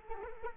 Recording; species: mosquito wingbeat signal from an infrared sensor; Culex quinquefasciatus